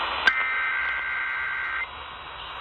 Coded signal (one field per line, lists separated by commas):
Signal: Emergency Alert System (SAME) tones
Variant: header bursts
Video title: 10/31/21 - KDKA Halloween Required Weekly Test (EAS #273)